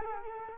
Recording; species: mosquito wingbeat signal from an infrared sensor; Culex quinquefasciatus